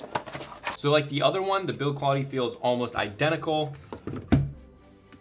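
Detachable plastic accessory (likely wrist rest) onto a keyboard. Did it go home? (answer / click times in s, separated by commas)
no / none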